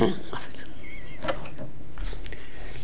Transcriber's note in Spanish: risas